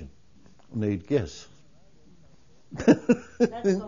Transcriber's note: he laughs